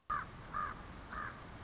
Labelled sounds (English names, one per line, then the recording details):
Common Raven
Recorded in Sonoma County, California